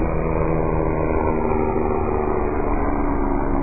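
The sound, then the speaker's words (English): A helicopter passing overhead during a Bible study: a steady, loud mechanical drone with low, throbbing engine rumble and faint tonal hums, holding constant through the whole few seconds with no voices. “Helicopter just passing over.”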